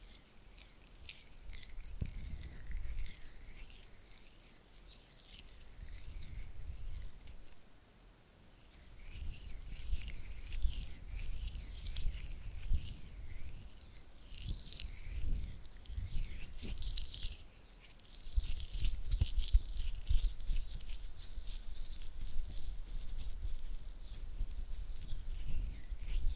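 Oily hands and fluttering fingers make wet, slick patter in uneven bursts, with a brief quiet near eight seconds and denser rubbing afterward.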